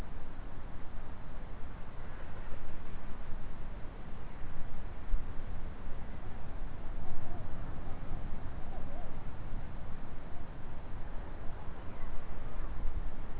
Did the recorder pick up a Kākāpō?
no